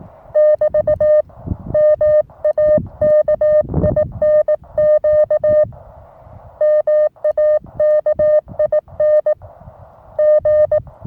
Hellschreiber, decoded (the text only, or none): none